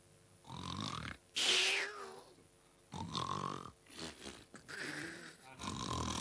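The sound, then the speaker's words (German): A voice imitates snoring in loud, exaggerated bursts as Pumuckl pretends to sleep in his bed: several rough, rasping inhales and grunting exhales in an uneven rhythm, with short pauses between them and no other sound. “Und als der Meister Eder, nachdem seine Freunde weggegangen waren, nach ihm schaute, da schnarchte der Pumuckl gewaltig. Ein bisschen zu gewaltig.”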